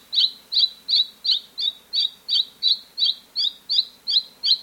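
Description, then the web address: Mountain robin giving a long run of about thirteen high, slurred chips at an even, brisk pace of nearly three per second, with no other clear sounds. South America. "Natures Songs S America Mountain Robin"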